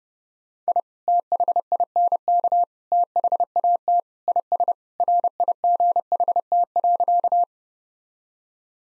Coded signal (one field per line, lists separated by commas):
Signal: Morse code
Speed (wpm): 32 wpm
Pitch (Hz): 700 Hz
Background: none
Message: I THINK THAT IS RIGHT.